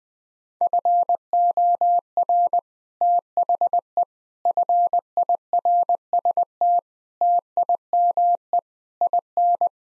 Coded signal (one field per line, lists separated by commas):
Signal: Morse code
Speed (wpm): 21 wpm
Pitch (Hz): 700 Hz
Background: none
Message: FOR THE FIRST TIME IN